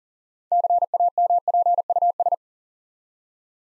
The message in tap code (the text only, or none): none